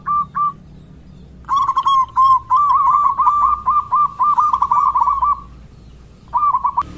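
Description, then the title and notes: Zebra dove singing a long run of rapid, evenly pulsed cooing notes, framed by shorter phrases. Vigorously singing ('gacor') dove; long-duration lure recording. "Pancingan Perkutut Durasi Panjang. Suara Burung Perkutut Gacor"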